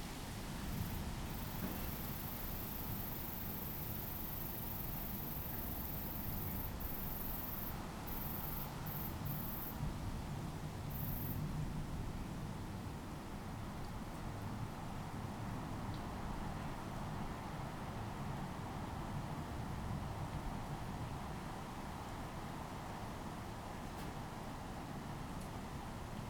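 Steady rain falls in a dense, even hiss with a deep rumbling undertone, the level barely changing across the whole stretch. A faint high whine sits on top during the first eleven seconds, then drops away, leaving only the rain and low rumble.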